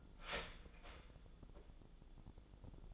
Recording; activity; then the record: daily activity, microphone in the room; start toaster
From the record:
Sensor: 5